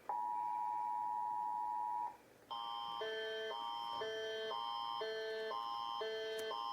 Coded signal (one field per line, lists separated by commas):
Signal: Emergency Alert System (SAME) tones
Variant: 853 and 960 Hz attention tone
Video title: eas alarma animados Remake 1